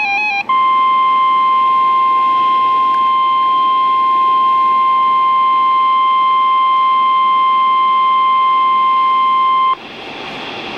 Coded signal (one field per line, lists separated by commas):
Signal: Emergency Alert System (SAME) tones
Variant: 1050 Hz attention tone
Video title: Flash Flood Warning (EAS #925) 6/10/16